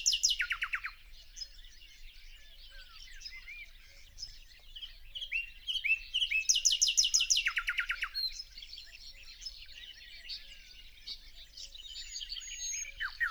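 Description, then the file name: Common nightingale song, loud phrases of fast repeated notes alternating with softer twittering, over a low steady hum. "Luscinia megarhynchos"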